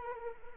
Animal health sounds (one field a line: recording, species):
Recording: mosquito wingbeat signal from an infrared sensor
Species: Anopheles arabiensis